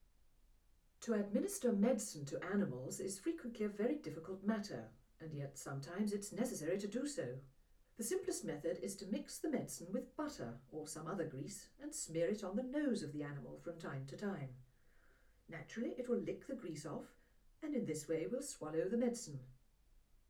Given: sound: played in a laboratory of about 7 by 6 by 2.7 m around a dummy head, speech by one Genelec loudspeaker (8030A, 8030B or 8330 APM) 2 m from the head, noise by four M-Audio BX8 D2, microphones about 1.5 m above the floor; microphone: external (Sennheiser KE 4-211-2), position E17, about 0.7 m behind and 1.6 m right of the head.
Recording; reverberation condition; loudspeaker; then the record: female speech in English; low; 90 degrees to the left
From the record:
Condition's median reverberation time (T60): about 310 ms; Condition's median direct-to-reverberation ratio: about 3.5 dB